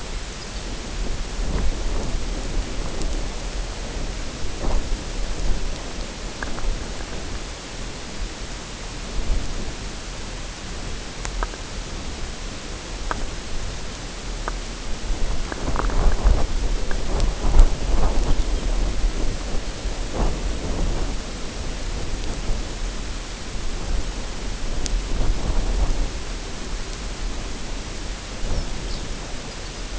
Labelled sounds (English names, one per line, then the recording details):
Lapland Longspur
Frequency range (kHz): Lapland Longspur 2.9-6.0 kHz
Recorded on Arctic tundra, site UTQI-0, on 14 June 2019
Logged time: 16:00